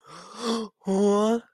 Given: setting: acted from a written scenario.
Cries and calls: vocal sound without words; distress

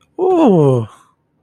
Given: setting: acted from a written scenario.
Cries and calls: vocal sound without words; positive surprise

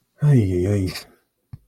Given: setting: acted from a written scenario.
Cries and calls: vocal sound without words; relief

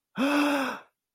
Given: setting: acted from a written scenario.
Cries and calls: vocal sound without words; elation

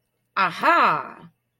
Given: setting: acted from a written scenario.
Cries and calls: vocal sound without words; realization

